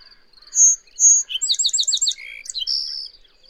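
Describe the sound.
Bird song: a pair of piercing whistles, a rapid trill of some seven notes, then a lower buzzy note and a long high whistle closing the phrase.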